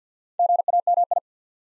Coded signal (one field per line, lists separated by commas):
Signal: Morse code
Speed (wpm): 50 wpm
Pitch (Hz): 700 Hz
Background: none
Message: GAMI